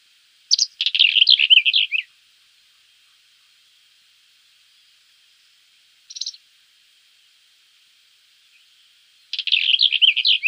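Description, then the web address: Black-eared wheatear song: a scratchy, warbled phrase of about one and a half seconds, a short note near six seconds, then another scratchy phrase at the end; otherwise quiet. "Schulze Peter Black-eared Wheatear song"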